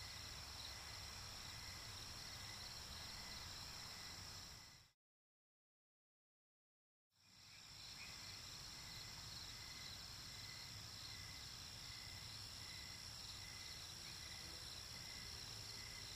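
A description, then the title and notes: A steady wetland chorus of insects and crickets buzzes densely in high, bright bands, broken by two seconds of silence near five seconds. Chorus of the Wetlands.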